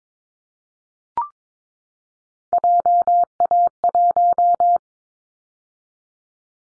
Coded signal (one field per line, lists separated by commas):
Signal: Morse code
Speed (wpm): 22 wpm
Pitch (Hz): 700 Hz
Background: none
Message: JA1